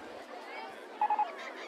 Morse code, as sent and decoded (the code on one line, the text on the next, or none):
none